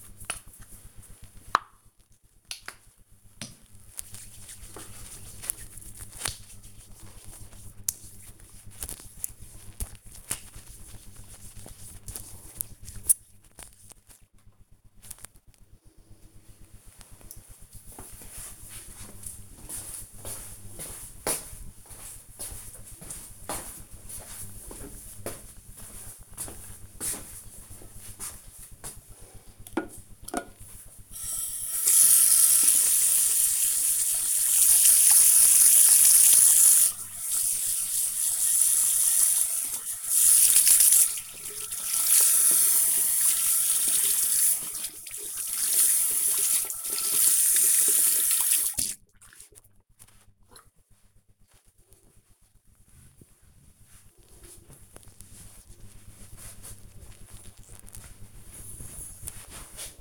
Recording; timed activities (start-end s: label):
household activities, microphone on the right wrist
0.00-13.53 s: cream hands
27.64-49.80 s: washing hands